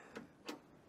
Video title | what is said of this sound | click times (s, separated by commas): Drawer System Detailed Walkthrough - Build Your Own! | push it in clicks in place it's held there by a magnet | 0.2 s, 0.5 s